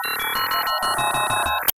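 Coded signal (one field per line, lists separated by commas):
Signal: none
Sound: music sound effect beeps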